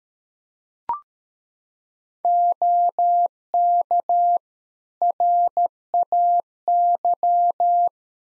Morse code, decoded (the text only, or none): OK RAY